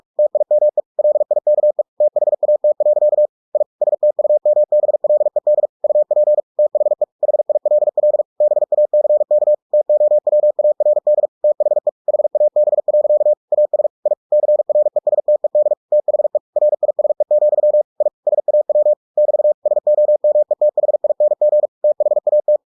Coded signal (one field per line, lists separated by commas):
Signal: Morse code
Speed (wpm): 46 wpm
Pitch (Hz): 600 Hz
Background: none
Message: TIME LIKE THAT. I STUMBLED UP THE HILL BACK TOWARD THE HAB. AS I CRESTED THE RISE, I SAW <BT> SOMETHING THAT